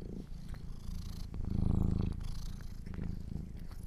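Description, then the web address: Domestic cat purring, a deep rumble that grows louder in the middle of the brief stretch, then eases off. Kittens purring. "sleepandrelaxasmr - The Purring Kittens"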